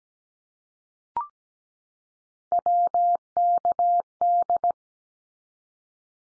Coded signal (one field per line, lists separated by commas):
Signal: Morse code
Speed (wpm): 17 wpm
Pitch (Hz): 700 Hz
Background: none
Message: WKD